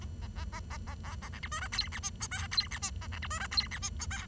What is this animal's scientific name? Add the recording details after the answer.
Lonchura striata domestica. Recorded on 23 June 2012 at 08:35. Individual gr41rd51